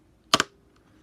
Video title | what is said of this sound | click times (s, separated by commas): HASBRO HAN SOLO LANDSPEEDER | we got that popped into place | 0.3 s